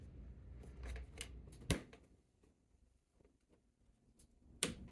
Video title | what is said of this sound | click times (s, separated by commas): How to install a replacement Light Lab Panel knob | I got a couple of little clicks we don't want to overtighten all right that is tightened up | 1.7 s, 4.6 s